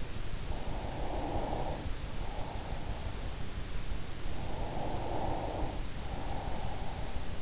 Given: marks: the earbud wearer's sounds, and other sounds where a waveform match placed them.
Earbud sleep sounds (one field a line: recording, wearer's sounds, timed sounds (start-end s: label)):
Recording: sounds in sleep by an in-ear microphone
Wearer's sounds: breath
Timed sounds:
0.32-3.51 s: breath
4.01-7.41 s: breath